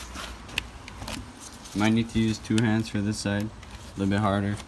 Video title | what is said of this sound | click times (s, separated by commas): How to remove and install a jeep wrangler grille (2007-2016) | You might hear a click. Don't worry, just don't put too much pressure on it. | 0.6 s